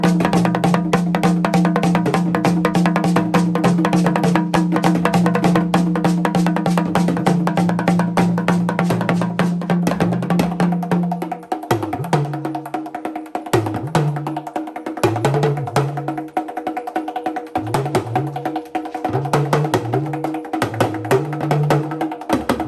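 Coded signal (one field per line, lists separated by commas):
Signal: talking drum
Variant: Yoruba dundun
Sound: fast drumming with low, pitch-bending talking drum strokes over rhythmic percussion accompaniment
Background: percussion ensemble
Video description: Watch Ayanlekan eulogise with talking drum and accompanied in high rhythmic harmony.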